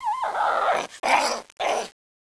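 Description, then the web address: Monkey calls: a short wavering tonal note, then harsh, grating, groan-like cries in three bursts, the last two briefer, with silence between. "copan vol Monkey"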